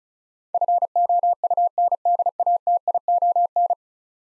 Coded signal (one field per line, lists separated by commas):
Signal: Morse code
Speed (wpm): 36 wpm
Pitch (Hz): 700 Hz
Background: none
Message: FOUNDATION